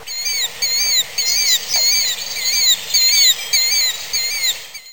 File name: killdeer